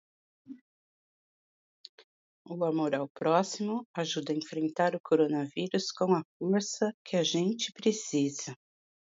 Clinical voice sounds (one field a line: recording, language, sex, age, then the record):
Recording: spoken sentence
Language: Brazilian Portuguese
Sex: female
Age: 50 to 59 years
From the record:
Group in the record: control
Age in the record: 56 years